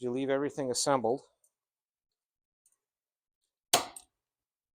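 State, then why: Released. Someone talks at the start; then, with a Mastercool hydraulic flaring tool still assembled, the tool is backed off and the freshly flared metal fuel line for a 1969 Mustang EFI setup breaks free of the flaring die with one sharp, loud pop at 3.7 s. The line had been lubricated so it would not stick, and it comes out released from the die.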